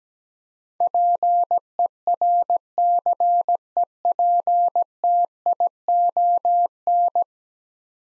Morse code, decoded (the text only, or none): PERCEPTION